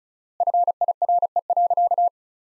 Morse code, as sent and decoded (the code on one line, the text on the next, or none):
..-. .. .-. . .-.-.-
FIRE.